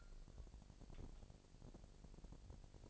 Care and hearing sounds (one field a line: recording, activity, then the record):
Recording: daily activity, microphone in the room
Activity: take from stove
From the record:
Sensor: 5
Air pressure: 999.4 hPa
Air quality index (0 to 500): 218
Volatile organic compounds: 19 ppm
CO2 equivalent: 2665 ppm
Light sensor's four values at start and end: 30/67/28/28 and 31/69/29/28